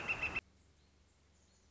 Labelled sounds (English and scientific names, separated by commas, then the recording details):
Northern Flicker (Colaptes auratus)
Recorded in Sonoma County, California